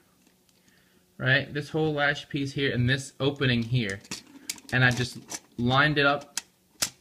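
Someone talks while lining up a plastic latch piece on one DX ToQger ToQ Ressha train toy with the opening on an adjacent train toy, building the Ressha Gattai ToQ-Oh. A single brief sharp tick sounds near the end at about 6.8 s. The part is handled but nothing has seated or clicked yet.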